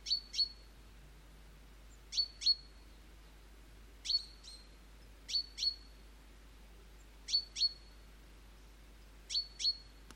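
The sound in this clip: Great tit call series: crisp high double notes repeated every second or two, six pairs in all.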